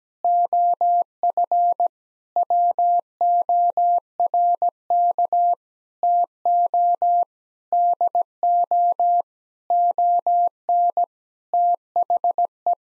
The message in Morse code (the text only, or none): OF WORK TO DO ON THE